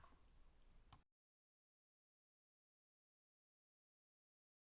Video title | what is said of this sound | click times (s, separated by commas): Meng Foird GT40 part 3: Interior, Wheels, & Tires | but here i'm fiddling with it but once you get it in in place you just give it a good push and it clicks in | 0.9 s